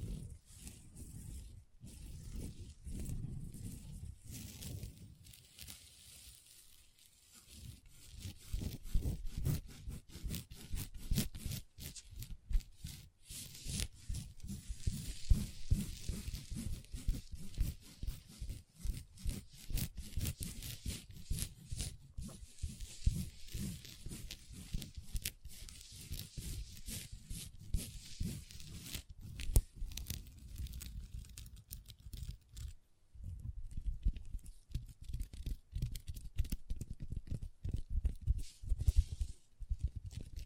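Long fingernails tap and scratch across a tabletop in a dense, restless stream of quick clicks and rasping strokes. The scratching has a bright, hissy edge over dull low knocks. It eases briefly around six seconds and again near thirty-three, then picks back up.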